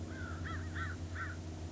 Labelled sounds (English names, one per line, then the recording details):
American Crow
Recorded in Sonoma County, California